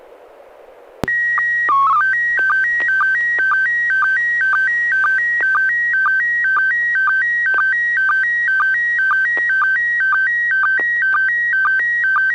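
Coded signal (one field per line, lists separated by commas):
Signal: SSTV (slow-scan television)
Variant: PD 120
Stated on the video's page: SSTV images exchanged during a weekly amateur SSTV net on an FM repeater at 441.300 MHz.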